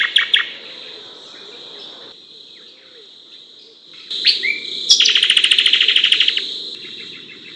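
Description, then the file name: Dark-brown honeyeater song: a few sharp chips, then a slurred note and a fast buzzy trill lasting about a second and a half, over a steady high-pitched hum. "lichmera incana"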